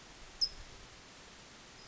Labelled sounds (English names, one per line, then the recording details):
California Towhee
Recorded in Sonoma County, California